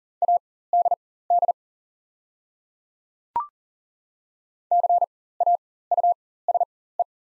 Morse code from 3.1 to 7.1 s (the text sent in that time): CAUSE